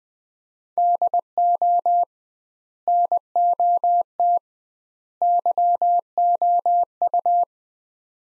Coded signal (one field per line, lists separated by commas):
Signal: Morse code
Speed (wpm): 21 wpm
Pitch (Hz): 700 Hz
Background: none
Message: DO NOT YOU